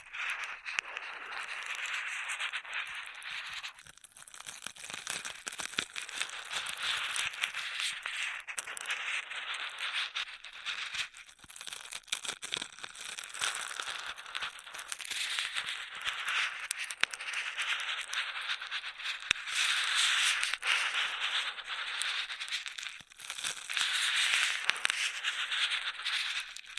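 Straw triggers rustle and crackle almost without pause, a dense run of fast, irregular crinkling clicks sitting mostly in the bright middle and upper range. It swells louder in stretches, notably around 15 and 20 seconds, with brief dips near 4, 11 and 23 seconds.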